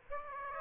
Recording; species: mosquito wingbeat signal from an infrared sensor; Aedes aegypti